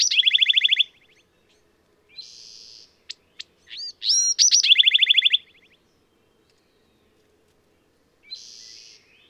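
Bird song with a fast chattering trill, buzzy rasps, sharp clicks and looping whistles, the trill returning once before a final soft buzz.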